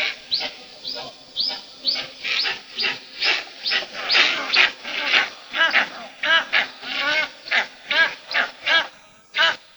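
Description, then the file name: Steppe eagle calling in a long run of barking yelps, about two per second, steady throughout. "Orel stepnoj"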